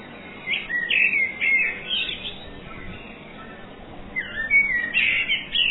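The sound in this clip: Bird song: two bursts of quick, high, warbled notes, one in the first half and one near the end, separated by a short silence.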